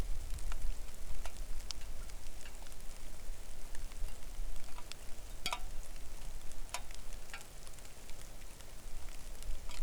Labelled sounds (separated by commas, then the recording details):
wind, rain
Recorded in the Arctic National Wildlife Refuge, Alaska, on 3 August 2019 at 09:36
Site 41